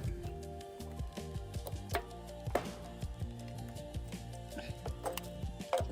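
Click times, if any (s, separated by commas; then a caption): none. A gas regulator (hose connector) is pushed and turned onto a gas cylinder valve, with several sharp plastic and metal knocks over music. Nothing has clicked or seated yet; the regulator fails to click onto the cylinder.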